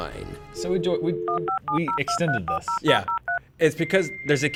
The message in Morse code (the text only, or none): none